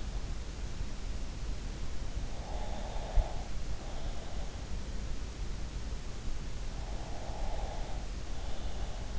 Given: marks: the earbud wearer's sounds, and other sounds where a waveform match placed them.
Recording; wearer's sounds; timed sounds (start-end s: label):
sounds in sleep by an in-ear microphone; breath
2.37-4.70 s: breath
6.86-9.18 s: breath